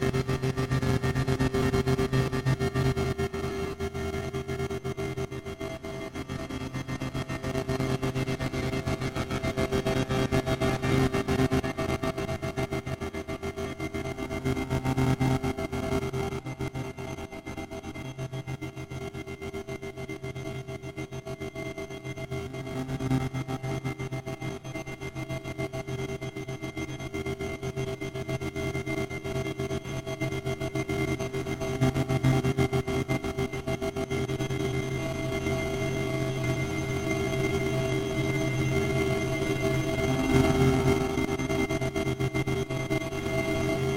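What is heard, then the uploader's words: A dense, steady drone with sustained low and mid tones, swelling slightly around 10, 25 and 40 seconds amid rough, grainy texture. Drone.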